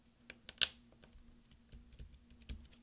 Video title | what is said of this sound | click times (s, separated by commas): F12 key replacement 13" Macbook Pro 2.4 Ghz 1278 mid-2010 MC374 AC07 | Now we're going to use our finger to push down until it snaps a couple times | 0.5 s, 0.6 s